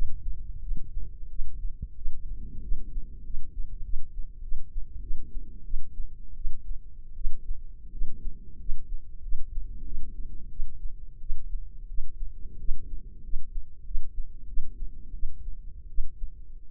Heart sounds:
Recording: heart sounds by microphone in the left ear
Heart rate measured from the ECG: 89 bpm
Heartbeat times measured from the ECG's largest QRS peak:
0.60 s: heartbeat
1.28 s: heartbeat
1.95 s: heartbeat
2.61 s: heartbeat
3.23 s: heartbeat
3.83 s: heartbeat
4.41 s: heartbeat
5.01 s: heartbeat
5.64 s: heartbeat
6.35 s: heartbeat
7.15 s: heartbeat
7.91 s: heartbeat
8.58 s: heartbeat
9.21 s: heartbeat
9.84 s: heartbeat
10.49 s: heartbeat
11.20 s: heartbeat
11.87 s: heartbeat
12.58 s: heartbeat
13.22 s: heartbeat
13.84 s: heartbeat
14.46 s: heartbeat
15.13 s: heartbeat
15.88 s: heartbeat
16.69 s: heartbeat
From the record:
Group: healthy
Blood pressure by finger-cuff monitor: 104/59 mmHg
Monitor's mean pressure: 73 mmHg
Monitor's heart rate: 91 bpm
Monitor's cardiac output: 7.9 L/min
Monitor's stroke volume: 86 mL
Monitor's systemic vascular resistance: 690 dyn s/cm5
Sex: female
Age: 22 years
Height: 157 cm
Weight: 47.6 kg

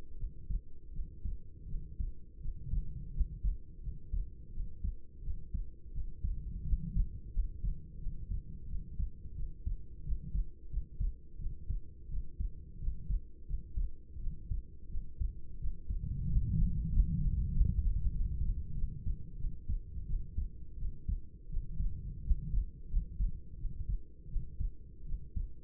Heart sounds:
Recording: heart sounds by stethoscope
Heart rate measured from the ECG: 87 bpm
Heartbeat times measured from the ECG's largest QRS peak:
0.16 s: heartbeat
0.91 s: heartbeat
1.66 s: heartbeat
2.39 s: heartbeat
3.12 s: heartbeat
3.81 s: heartbeat
4.51 s: heartbeat
5.21 s: heartbeat
5.92 s: heartbeat
6.63 s: heartbeat
7.31 s: heartbeat
7.98 s: heartbeat
8.66 s: heartbeat
9.34 s: heartbeat
10.03 s: heartbeat
10.68 s: heartbeat
11.37 s: heartbeat
12.08 s: heartbeat
12.78 s: heartbeat
13.45 s: heartbeat
14.18 s: heartbeat
14.88 s: heartbeat
15.58 s: heartbeat
16.26 s: heartbeat
16.91 s: heartbeat
17.53 s: heartbeat
18.13 s: heartbeat
18.74 s: heartbeat
19.36 s: heartbeat
20.05 s: heartbeat
20.77 s: heartbeat
21.48 s: heartbeat
22.22 s: heartbeat
22.88 s: heartbeat
23.57 s: heartbeat
24.28 s: heartbeat
25.04 s: heartbeat
From the record:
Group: healthy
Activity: rest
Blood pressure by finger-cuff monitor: 110/67 mmHg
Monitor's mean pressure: 80 mmHg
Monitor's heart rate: 86 bpm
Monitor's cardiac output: 7 L/min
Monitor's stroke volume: 83 mL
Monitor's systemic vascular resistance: 840 dyn s/cm5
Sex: female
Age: 26 years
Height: 165 cm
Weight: 55 kg

